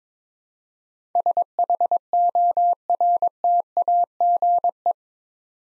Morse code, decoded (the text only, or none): SHORTAGE